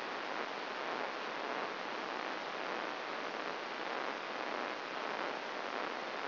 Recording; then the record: brain microelectrode recording played as sound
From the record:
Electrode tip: outside the subthalamic nucleus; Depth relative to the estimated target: 4 mm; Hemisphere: left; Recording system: AlphaMap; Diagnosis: Parkinson's disease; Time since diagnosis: 15 years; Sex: female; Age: 68 years